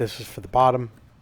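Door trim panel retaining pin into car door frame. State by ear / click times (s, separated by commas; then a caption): not seated / none. Someone talks while handling a plastic door trim panel on a Chevy Cobalt, with its retaining pin lined up for the bottom of the car door frame during reinstallation. Nothing has seated or clicked yet.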